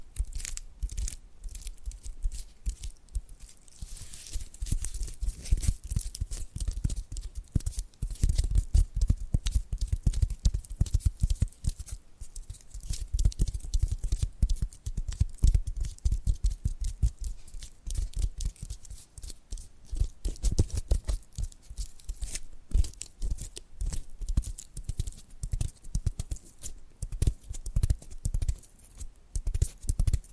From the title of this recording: Hypnotic Tapping and Scratching Sounds